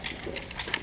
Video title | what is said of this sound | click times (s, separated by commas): [로프악세스] 크롤 업 아이디 다운 #강원도소방학교 #로프악세스 #불타는나방 | 자, 딸깍 소리 날 때까지 한 번만 돌려볼까요? | 0.7 s